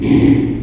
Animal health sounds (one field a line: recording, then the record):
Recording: squeal of a Yucatan mini pig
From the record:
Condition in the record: before surgery on the right vocal fold (resection and tissue-engineered implant)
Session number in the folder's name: 1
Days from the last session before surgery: -3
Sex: male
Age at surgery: 12 weeks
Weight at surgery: 13 kg